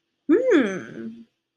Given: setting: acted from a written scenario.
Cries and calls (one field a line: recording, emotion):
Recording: vocal sound without words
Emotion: interest